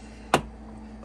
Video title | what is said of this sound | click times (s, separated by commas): 2019 2022 RAV4 front door panel removal and speaker upgrade 4K | you'll hear that click in the | 0.3 s